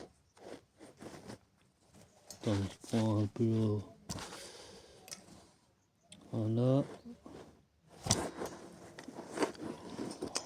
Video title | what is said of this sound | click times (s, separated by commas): Remplacement mâchoire de frein + roulement arrière polo 6N1 1,4 60 | on met bien. Voilà. Tac. C'est bien enclenché. | 10.4 s